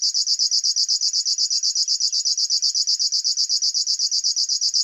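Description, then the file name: River warbler song: an unbroken, evenly pulsed, sewing-machine-like buzz, regular and high-pitched from start to end. "Schlagschwirl - Locustella fluviatilis"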